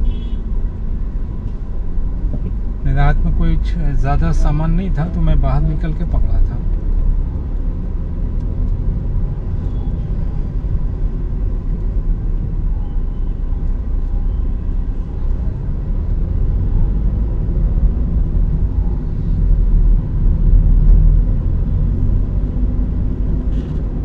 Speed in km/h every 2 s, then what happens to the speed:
6, 0, 7, 11, 14, 11, 8, 10, 18, 18, 25, 30.
1-3 standing. 3-7 pulls away to 14. 7-14 steady at about 10. 14-24 speeds up to 30.